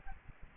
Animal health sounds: mosquito wingbeat signal from an infrared sensor; Aedes aegypti

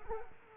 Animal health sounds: mosquito wingbeat signal from an infrared sensor; Culex quinquefasciatus

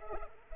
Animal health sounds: mosquito wingbeat signal from an infrared sensor; Culex pipiens

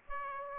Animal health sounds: mosquito wingbeat signal from an infrared sensor; Aedes aegypti

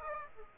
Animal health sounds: mosquito wingbeat signal from an infrared sensor; Aedes aegypti

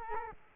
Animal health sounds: mosquito wingbeat signal from an infrared sensor; Culex quinquefasciatus

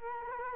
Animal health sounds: mosquito wingbeat signal from an infrared sensor; Culex quinquefasciatus

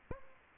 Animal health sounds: mosquito wingbeat signal from an infrared sensor; Aedes aegypti

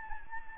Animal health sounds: mosquito wingbeat signal from an infrared sensor; Anopheles gambiae

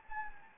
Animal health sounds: mosquito wingbeat signal from an infrared sensor; Anopheles gambiae

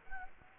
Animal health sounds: mosquito wingbeat signal from an infrared sensor; Culex quinquefasciatus

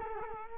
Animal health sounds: mosquito wingbeat signal from an infrared sensor; Culex quinquefasciatus

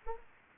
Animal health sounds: mosquito wingbeat signal from an infrared sensor; Anopheles arabiensis

